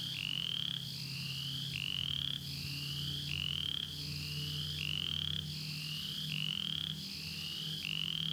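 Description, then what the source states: Upland chorus frog calling: short rapid trills rising in pitch, repeated several times, over a low hum. Florida, only along the Apalachicola River, in bottomland habitats; call similar to the southern chorus frog's but much more rapid.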